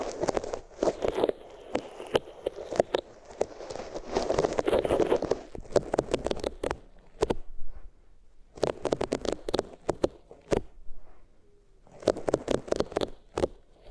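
Rubbing on different materials, in bursts of dense scratchy friction with sharp clicky ticks. The rubbing runs fairly continuously for the first six seconds, then comes in shorter patches around 8.5–10 and 12–13.5 seconds, separated by near-silent gaps.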